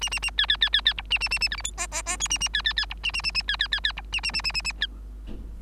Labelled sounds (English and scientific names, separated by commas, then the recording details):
Bengalese Finch (Lonchura striata domestica) song
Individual Bird3